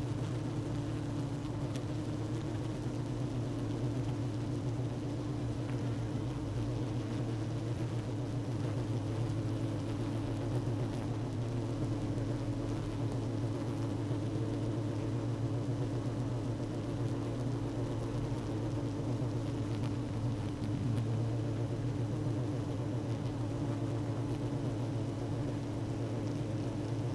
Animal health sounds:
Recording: honeybee colony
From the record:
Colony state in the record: active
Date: 12 June 2018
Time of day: 16:05

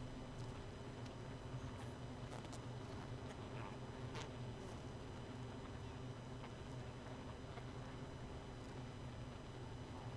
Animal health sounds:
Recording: honeybee colony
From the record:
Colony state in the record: missing queen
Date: 31 May 2018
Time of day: 1:32

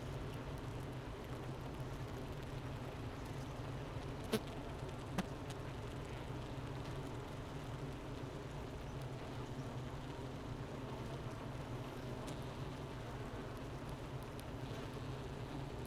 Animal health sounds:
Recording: honeybee colony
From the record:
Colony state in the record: missing queen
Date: 31 May 2018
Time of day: 10:19

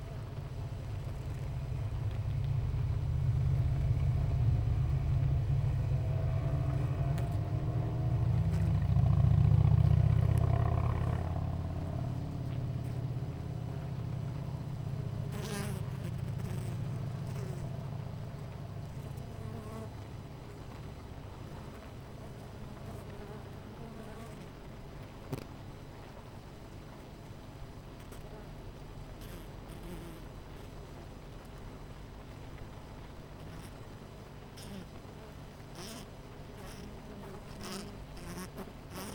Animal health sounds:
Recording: honeybee colony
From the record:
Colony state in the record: missing queen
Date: 14 July 2017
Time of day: 9:54

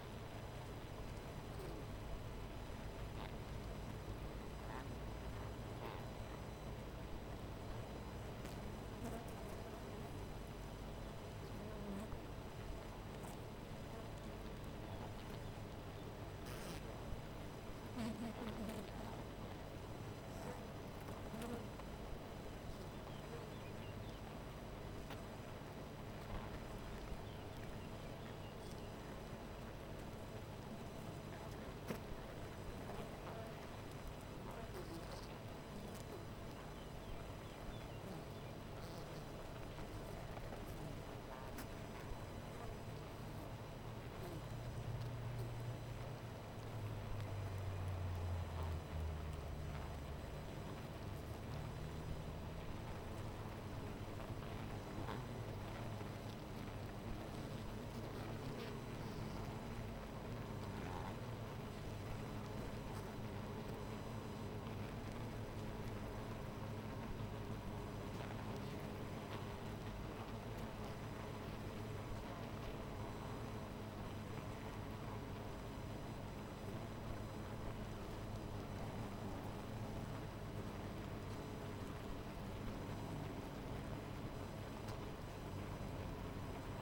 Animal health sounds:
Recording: honeybee colony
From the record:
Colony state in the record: missing queen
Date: 14 July 2017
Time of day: 12:17

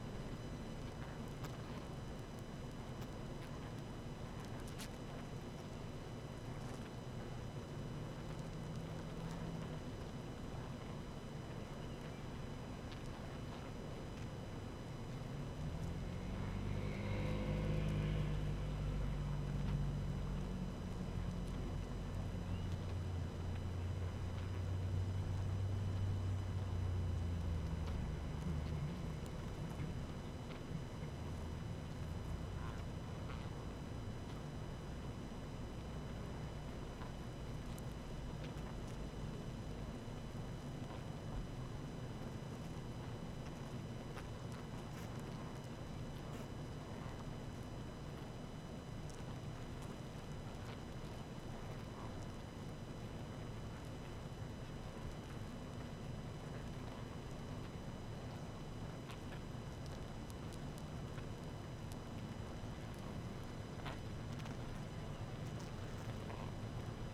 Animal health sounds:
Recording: honeybee colony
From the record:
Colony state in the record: active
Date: 12 June 2018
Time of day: 18:18

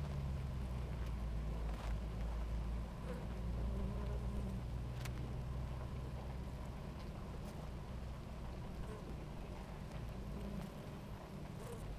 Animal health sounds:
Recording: honeybee colony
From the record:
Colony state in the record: active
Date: 28 July 2017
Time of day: 17:35

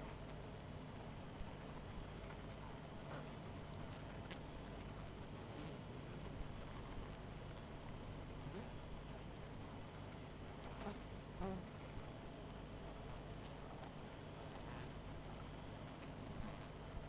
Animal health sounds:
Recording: honeybee colony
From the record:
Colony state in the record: missing queen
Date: 14 July 2017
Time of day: 21:01

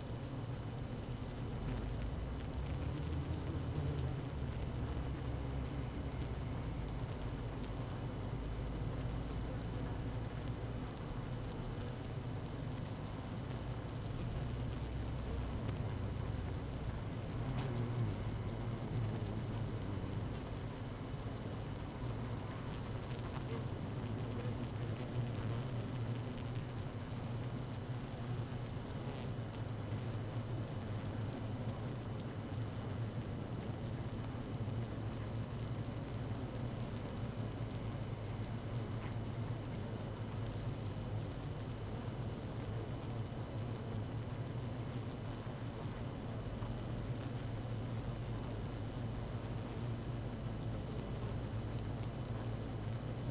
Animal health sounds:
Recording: honeybee colony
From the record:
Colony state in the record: active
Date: 12 June 2018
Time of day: 17:05

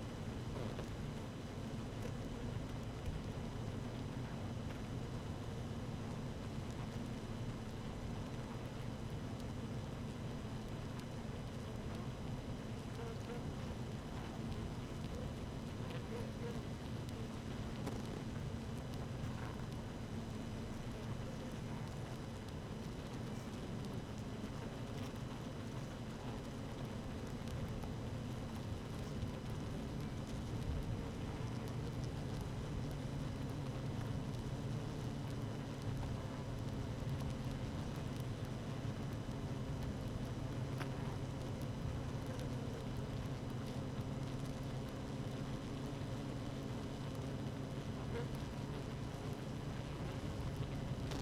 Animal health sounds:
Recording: honeybee colony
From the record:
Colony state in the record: active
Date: 12 June 2018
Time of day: 13:38

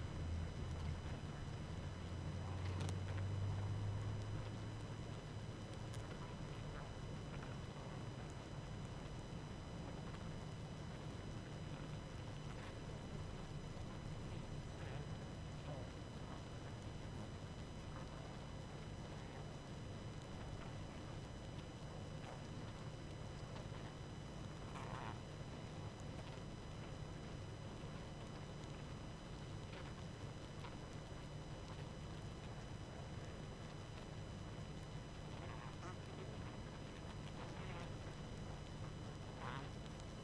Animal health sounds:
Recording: honeybee colony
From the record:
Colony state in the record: active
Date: 12 June 2018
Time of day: 21:14

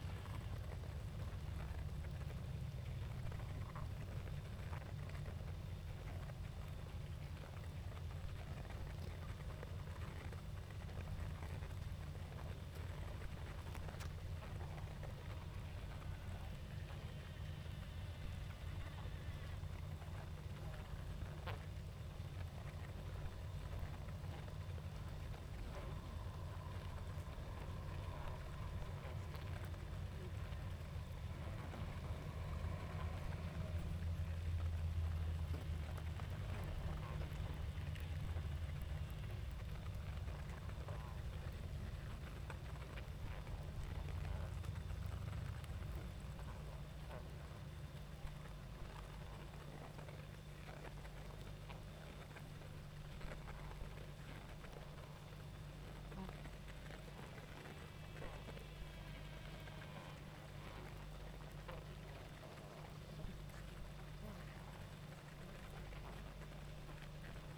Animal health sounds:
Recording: honeybee colony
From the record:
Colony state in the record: active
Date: 28 July 2017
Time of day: 19:40

